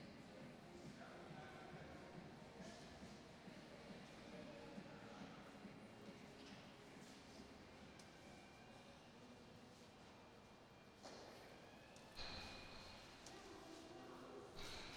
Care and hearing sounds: everyday scene through a hearing-aid microphone; reverberant space; background noise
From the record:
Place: railway station hall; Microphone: in the ear canal, right

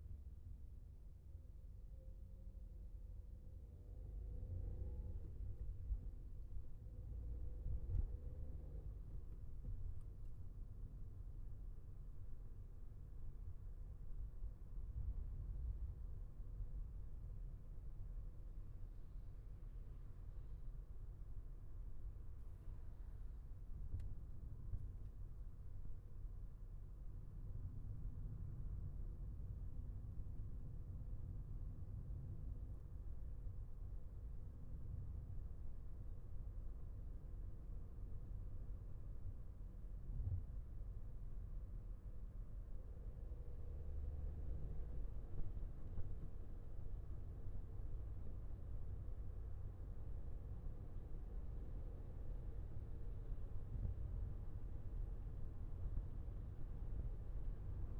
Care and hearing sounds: everyday scene through a hearing-aid microphone; in a vehicle; engine, traffic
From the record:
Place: Skoda Fabia, gasoline engine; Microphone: behind the ear, left, rear

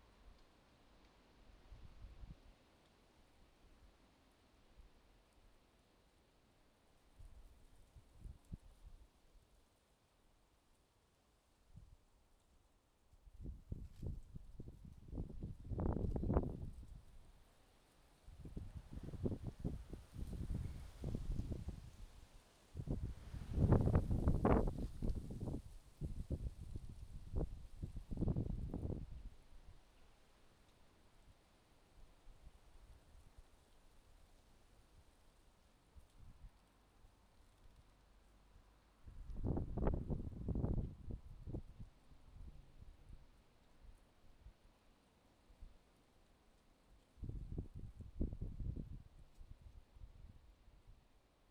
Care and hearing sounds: everyday scene through a hearing-aid microphone; wind on the microphone; wind, traffic, birds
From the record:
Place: suburban garden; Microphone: in the ear canal, left

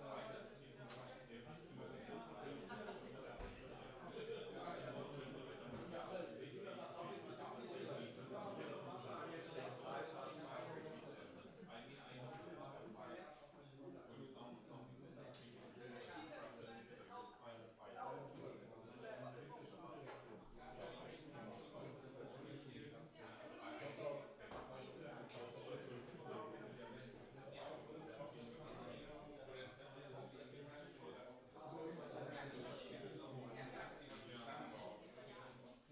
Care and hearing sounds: everyday scene through a hearing-aid microphone; many people talking; many voices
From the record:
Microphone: in the ear canal, left

